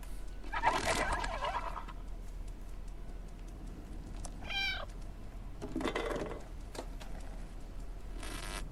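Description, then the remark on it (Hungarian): A robot cat toy, triggered by a separate button press, gives one short, bright meow with a clear tonal wobble, set between louder bursts of hissy, scraping noise over a steady low hum; no one speaks. “Úgyhogy ne felejtsük el, hogy külön gomnyomás van a nyávogásra.”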